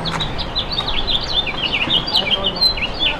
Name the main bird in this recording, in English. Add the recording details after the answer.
House Finch. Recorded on Long Island, New York, on 8 June 2012. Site WH. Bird D